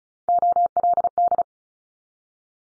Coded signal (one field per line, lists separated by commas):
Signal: Morse code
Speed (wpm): 36 wpm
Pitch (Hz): 700 Hz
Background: none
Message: OLD